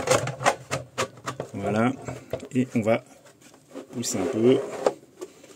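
A hollowed-out, printed plastic cooling bracket with a gap left for the cables is handled and pushed onto a small IceRiver AL0 crypto mining unit, ahead of overclocking. Someone talks over light handling taps and rubbing, with short knocks around 0.3 s and 1.2–1.4 s. Nothing has seated or clicked yet.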